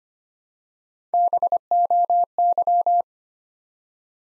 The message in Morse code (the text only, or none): BOY